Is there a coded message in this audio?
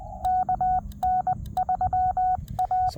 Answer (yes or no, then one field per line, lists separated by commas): yes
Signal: Morse code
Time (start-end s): 0.2-2.9 s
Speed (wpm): 20 wpm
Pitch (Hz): 740 Hz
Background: none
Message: KN3A